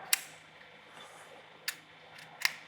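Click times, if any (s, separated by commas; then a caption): 0.1 s, 2.4 s. An all-suture meniscal implant anchor, in a delivery needle inserted all the way into the meniscus, is deployed by triggering the delivery device. Sharp clicks sound at 0.1 s and 2.5 s over a low steady hum, with a softer click near 1.7 s in between. The anchor deploys and seats through the meniscus.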